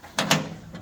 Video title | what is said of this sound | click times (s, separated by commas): STOCK TO STOCK CAR P3. - Roll Bar, Seats, and Belts! | These guys here just snap into place, and that'll be for | 0.2 s, 0.3 s